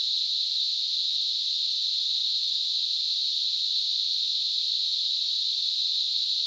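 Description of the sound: A steady, unbroken high-pitched hiss, a narrow band of noise centred near 4 kHz, holds at constant loudness for the whole 6.5 seconds. It is a simulation of tinnitus, the ringing or hissing a person with tinnitus hears in the ears.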